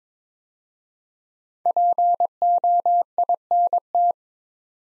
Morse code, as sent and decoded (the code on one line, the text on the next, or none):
.--. --- .. -. -
POINT